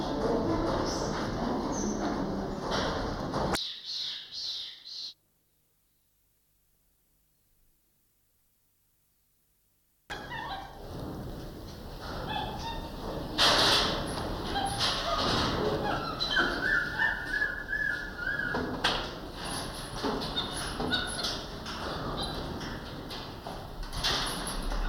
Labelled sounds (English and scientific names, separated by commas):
Goeldi's Marmoset (Callimico goeldii) call